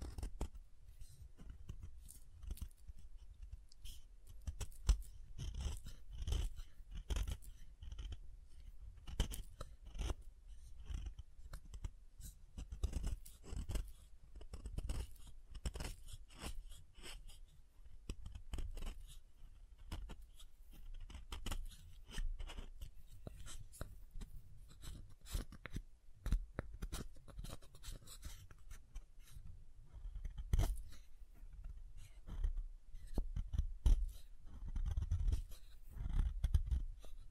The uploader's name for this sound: SoftHard Soap Tapping and Carving